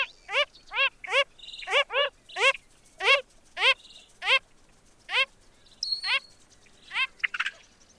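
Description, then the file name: Wilson's phalarope producing a run of nasal, harmonic grunting notes about two to three a second, then a few sparser calls and a brief high chirp. "Wilsons Phalarope - Phalaropus tricolor"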